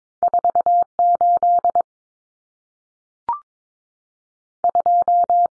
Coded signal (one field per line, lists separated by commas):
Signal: Morse code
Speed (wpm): 22 wpm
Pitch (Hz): 700 Hz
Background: none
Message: 48 2